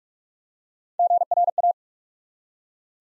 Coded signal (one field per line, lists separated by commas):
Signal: Morse code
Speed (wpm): 44 wpm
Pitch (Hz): 700 Hz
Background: none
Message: GRA